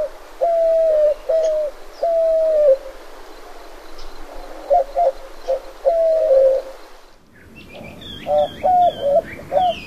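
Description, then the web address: White-winged dove song: a series of loud, hollow coos in rhythmic phrases, pausing after seven seconds before resuming, with other birds chirping and twittering in the background. North America. "Songs of Birds of North America Stokes. White-winged Dove"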